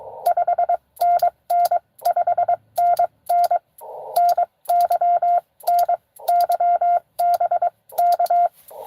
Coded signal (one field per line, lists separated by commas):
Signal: Morse code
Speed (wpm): 23 wpm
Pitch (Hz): 700 Hz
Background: radio noise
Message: 5NN 5NN NY NY BK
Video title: N2AKJ is live! Doing pota at us-2149 #pota #ssb